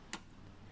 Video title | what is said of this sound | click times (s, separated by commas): Lada Largus van How to change the brake light / Sidelight?. Лада Ларгус стоп-сигнал / Подфарник? | and then click it into place | 0.1 s